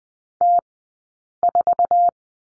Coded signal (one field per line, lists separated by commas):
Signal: Morse code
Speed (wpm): 20 wpm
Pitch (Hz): 700 Hz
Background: none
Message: T4